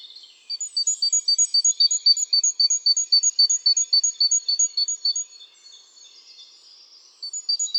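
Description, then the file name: Great tit calling: a long steady train of sharp high paired notes, about four per second, then soft chatter before the notes resume. "Parus major"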